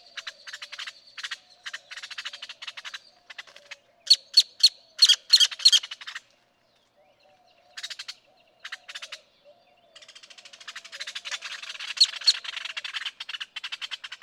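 Great-tailed grackle song of harsh clacks and squeaky notes, a pause, then a long, scratchy rattling passage.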